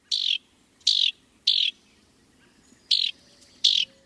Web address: BIRD NOTE. House Wren